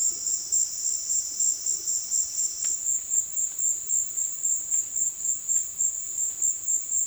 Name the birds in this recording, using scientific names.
none